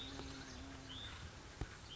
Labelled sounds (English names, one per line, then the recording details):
Hutton's Vireo
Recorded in Sonoma County, California